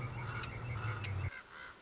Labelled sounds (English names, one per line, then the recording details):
Common Raven
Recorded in Sonoma County, California